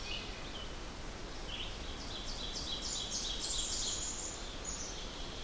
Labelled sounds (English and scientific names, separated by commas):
Ovenbird (Seiurus aurocapilla) song